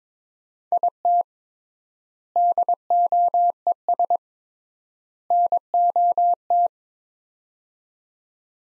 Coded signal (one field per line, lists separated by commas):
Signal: Morse code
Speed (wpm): 22 wpm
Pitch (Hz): 700 Hz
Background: none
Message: IT DOES NOT